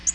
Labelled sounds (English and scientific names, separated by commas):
Nashville Warbler (Leiothlypis ruficapilla) flight call